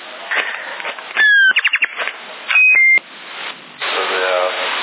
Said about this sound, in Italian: Non so se c'è bipedio, vabbè, a parte questa cosa, sta cagata del bip che c'è dentro. Se sta c'è pulsantino, me la fa.